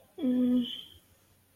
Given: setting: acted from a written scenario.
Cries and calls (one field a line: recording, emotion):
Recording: vocal sound without words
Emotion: desire